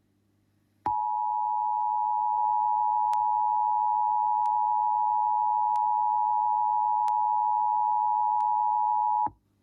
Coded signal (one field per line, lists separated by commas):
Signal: Emergency Alert System (SAME) tones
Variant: 853 and 960 Hz attention tone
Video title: EAS Scenario: Every Day, Every Million Years